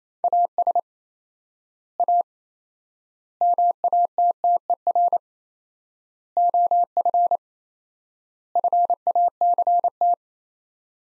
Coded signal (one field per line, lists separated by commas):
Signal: Morse code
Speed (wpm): 28 wpm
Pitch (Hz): 700 Hz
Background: none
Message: AS A MATTER OF FACT